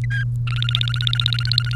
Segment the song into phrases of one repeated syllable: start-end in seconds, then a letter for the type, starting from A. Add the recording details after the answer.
0.04-0.23 A, 0.47-1.75 B. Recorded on 30 April 2018 at 16:47. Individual llb3